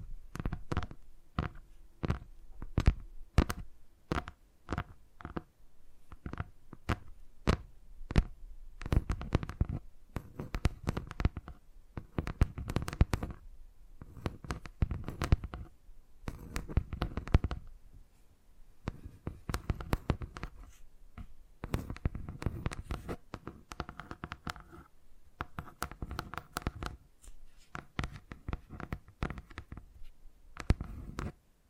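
Tapping sounds, a fast run of sharp, clicky taps that keeps going for the whole stretch with hardly a pause. The rhythm is uneven, coming in quick bursts with short gaps, and some taps land with a duller, thumpier body while others are crisp and bright.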